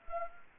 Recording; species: mosquito wingbeat signal from an infrared sensor; Anopheles arabiensis